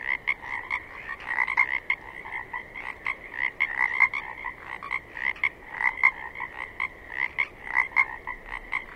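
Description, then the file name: Pacific chorus frogs croaking together, overlapping raspy ribbits from several frogs with a continuous high background chorus. Several Pacific chorus frogs recorded 27 May 2006 at 21:20. "060527-2120 pcfrogs"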